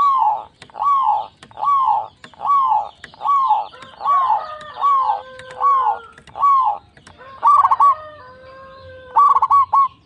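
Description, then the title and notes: Zebra dove cooing song: a steady run of rounded, arching notes, then longer drawn tones mixed with quick staccato coos near the end. Local zebra dove singing actively (gacor) with a loud, clear, crystal voice. "PERKUTUT LOKAL GACOR Suara KRISTAL LANTANG 1. Kicau Burung Perkutut"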